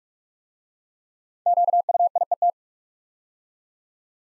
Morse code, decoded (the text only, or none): QUIET